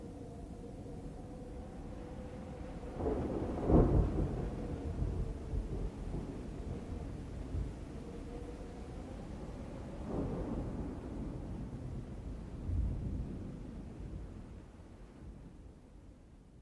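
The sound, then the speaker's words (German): Low, rumbling thunder rolls through a steady storm, with two louder booming swells a few seconds apart before fading back into a constant dark roar. No voices are heard. “Aber der Sturm hat Ihre Telefonleitung abgerissen.”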